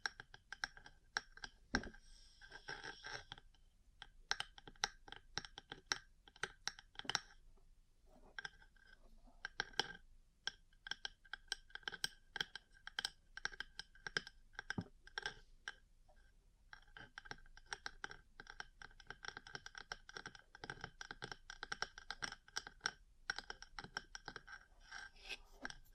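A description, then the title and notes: Close, rapid tapping and clicking runs almost continuously, irregular and dense, with crisp, bright edges like fingertips on a hard surface. It thins briefly around eight to nine seconds and again near sixteen, then picks back up. A faint low hum sits underneath. Ear Cleaning, Massage, Cupping, Tapping.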